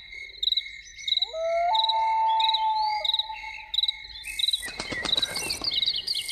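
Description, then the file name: Loon wail, a long pure note stepping up then holding level for over two seconds over steady rhythmic cricket chirping, followed by crackling noise. Evening soundscape. "Evening with Loons"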